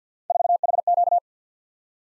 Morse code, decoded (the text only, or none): 4HQ